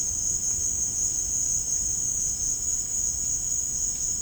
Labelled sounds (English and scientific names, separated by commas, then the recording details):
none
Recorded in dense forest near Puerto Asís, Putumayo, Colombia, on 25 June 2025 at 16:00
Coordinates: 0.481, -76.323
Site G072